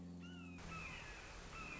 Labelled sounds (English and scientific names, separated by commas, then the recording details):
Red-shouldered Hawk (Buteo lineatus)
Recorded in Sonoma County, California